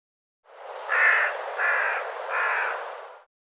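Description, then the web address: Bird giving three harsh, cawing calls in steady succession, each about a third of a second long, over background hiss. "cianscape birddata Deverinetal"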